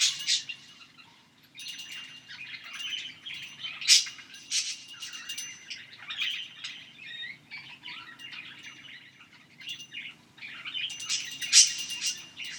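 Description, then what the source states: Birds chirping in a dense, busy chatter of short high tweets and squeaks, with louder bursts near the start and end and no other clear sounds. The recordist's own birds.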